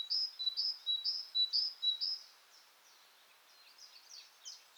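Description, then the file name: Great tit song: a clear two-note phrase, higher then lower, repeated several times for about two and a half seconds, followed by faint chirps. "Parus major"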